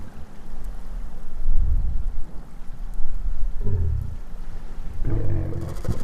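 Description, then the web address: Minke whale giving three short, deep grunts, the later two with a brighter edge, over a constant low underwater drone. "Minke Vocalisations. wilderness songs"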